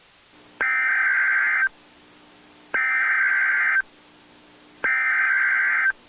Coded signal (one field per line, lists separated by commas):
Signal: Emergency Alert System (SAME) tones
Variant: header bursts